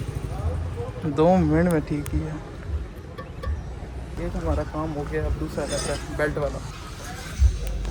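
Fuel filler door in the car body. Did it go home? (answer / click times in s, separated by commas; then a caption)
yes / 7.7 s, 7.9 s. A Suzuki Cultus Limited Edition's fuel filler flap is closed into the car body after its fuel tank cover has been repaired, while someone talks. Two short, sharp knocks sound at 7.7 s and 7.8 s as the flap latches shut and locks.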